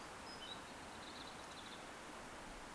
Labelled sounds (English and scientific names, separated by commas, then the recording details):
Eurasian Woodcock (Scolopax rusticola) whistle
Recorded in Baden-Württemberg, Germany, on 10 June 2021 at 20:14 UTC
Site 43323, 910 m above sea level